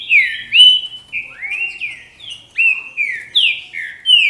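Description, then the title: Green-winged saltator song of strong whistled notes, each sliding down then rising, delivered in a steady run of phrases with faint high twitters behind. "Trinca Ferro"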